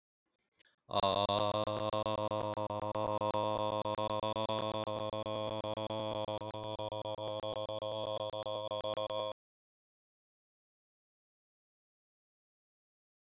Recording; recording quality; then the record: sustained vowel as in made; excellent, no background noise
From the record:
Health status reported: healthy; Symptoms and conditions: diabetes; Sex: male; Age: 39 years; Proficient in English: yes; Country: India